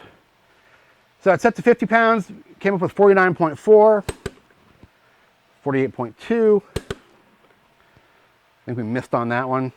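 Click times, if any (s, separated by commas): 4.3 s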